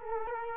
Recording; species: mosquito wingbeat signal from an infrared sensor; Culex quinquefasciatus